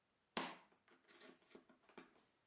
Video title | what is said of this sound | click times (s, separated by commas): EPISODE 309 THURSDAY NIGHT LIVE ! WITH HANGER FIFTYONE | here's and again here's one last look at how everything locks into place now a | 0.4 s